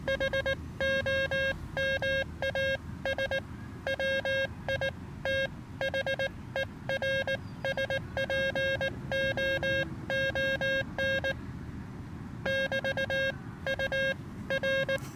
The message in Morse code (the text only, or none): HOMAS WITHERSPOON <BT> UR